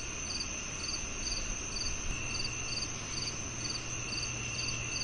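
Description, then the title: Crickets chirping, evenly spaced high pulsed chirps about twice a second over a continuous thin trill and low background hum. Nocturnal chorus on a peaceful summer night. "45 Minutes Of Dreamy Crickets, Singing Owls & Soft Nature Sounds On A Peaceful Summer Night"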